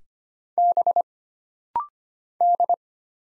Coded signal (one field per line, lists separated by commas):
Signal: Morse code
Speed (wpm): 25 wpm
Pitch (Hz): 700 Hz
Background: none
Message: B D